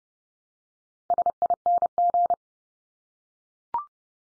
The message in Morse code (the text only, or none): SING